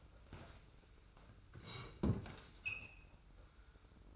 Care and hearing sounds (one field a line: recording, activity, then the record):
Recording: daily activity, microphone in the room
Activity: sit down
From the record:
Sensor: 2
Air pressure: 990.4 hPa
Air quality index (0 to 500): 182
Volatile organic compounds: 1000 ppm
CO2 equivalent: 5798 ppm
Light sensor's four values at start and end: 28/64/27/27 and 29/69/28/28